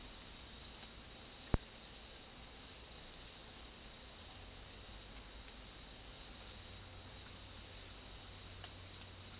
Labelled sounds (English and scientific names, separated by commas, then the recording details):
none
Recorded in secondary vegetation near Puerto Asís, Putumayo, Colombia, on 12 March 2025 at 11:00
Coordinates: 0.499, -76.323
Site G094